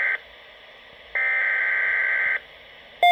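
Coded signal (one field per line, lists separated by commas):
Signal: Emergency Alert System (SAME) tones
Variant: header bursts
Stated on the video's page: Compilation of real alerts: required monthly and weekly tests, watches and warnings, and network notification messages, including the 1050 Hz attention tone.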